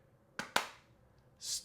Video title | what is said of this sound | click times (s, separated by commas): Max Protection, BUT IS IT WORTH IT?? - UAG Monarch Pro for iPhone 16 Pro Max | Oh, third corner. solid click | 0.4 s, 0.6 s